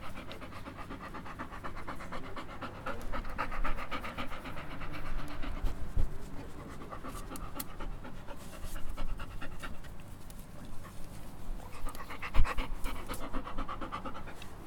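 Dog panting continuously, rapid breathy huffs in a fairly even rhythm, with an occasional soft knock and low hum behind.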